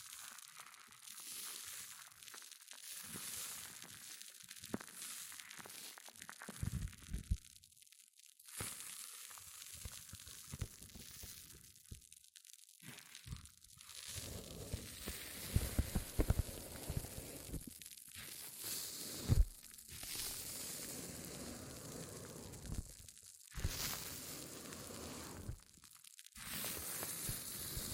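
Hair mousse fizzes and crackles in dense, bright bursts, with brief silences and occasional louder crunchy pops, especially mid-clip around sixteen to twenty seconds.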